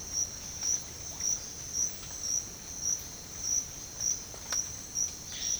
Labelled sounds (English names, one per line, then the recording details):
none
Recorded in pastures near Puerto Asís, Putumayo, Colombia, on 12 March 2025 at 07:30
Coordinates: 0.502, -76.324
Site GP07